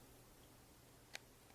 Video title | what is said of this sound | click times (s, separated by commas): N900 Review Part One: Hardware Tour | and snap in place like so | 1.1 s